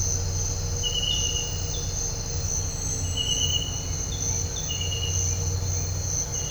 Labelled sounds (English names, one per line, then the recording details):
none
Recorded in dense forest near Puerto Asís, Putumayo, Colombia, on 4 March 2025 at 06:30
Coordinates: 0.468, -76.322
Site GP01